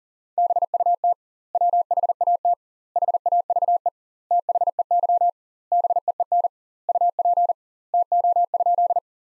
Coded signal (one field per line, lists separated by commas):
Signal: Morse code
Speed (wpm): 40 wpm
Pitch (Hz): 700 Hz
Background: none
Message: BUT WHAT HAVE THEY BEEN UP TO?